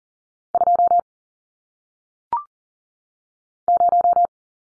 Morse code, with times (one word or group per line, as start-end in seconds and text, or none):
0.5-1.0 2
3.7-4.3 0